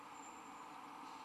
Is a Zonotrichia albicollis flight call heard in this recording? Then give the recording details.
no. No flight call is heard. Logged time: 02:40 on 14 December 2014